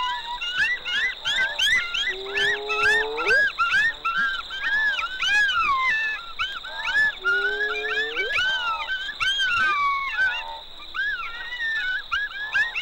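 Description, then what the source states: Chorus of golden jackals: dense overlapping yips and quavering wails, with two long rising howls standing out, backed by a steady high-pitched tone. Sunset chorus in the Serengeti from family groups calling around their earths, answered by distant groups.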